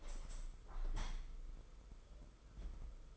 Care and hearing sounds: daily activity, microphone in the room; open window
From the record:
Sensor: 5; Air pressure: 991.5 hPa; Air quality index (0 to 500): 108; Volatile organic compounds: 25 ppm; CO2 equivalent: 2828 ppm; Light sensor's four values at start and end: 39/126/48/51 and 39/126/48/51

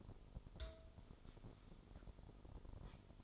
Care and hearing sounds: daily activity, microphone in the room; take from stove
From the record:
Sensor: 5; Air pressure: 988.4 hPa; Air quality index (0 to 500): 203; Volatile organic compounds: 81 ppm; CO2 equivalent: 3616 ppm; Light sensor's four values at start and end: 47/138/55/59 and 48/140/55/60

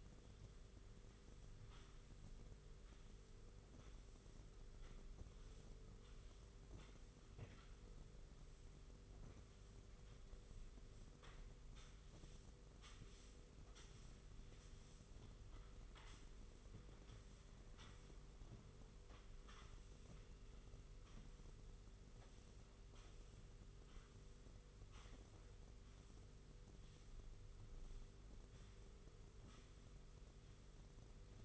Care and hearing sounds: daily activity, microphone in the room; sweep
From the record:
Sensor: 4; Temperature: 27.3 degrees Celsius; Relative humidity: 40.1%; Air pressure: 991.3 hPa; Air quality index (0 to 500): 158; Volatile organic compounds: 127 ppm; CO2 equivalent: 3911 ppm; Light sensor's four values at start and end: 24/79/29/30 and 24/78/29/30

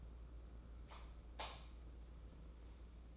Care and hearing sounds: daily activity, microphone in the room; light off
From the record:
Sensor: 1

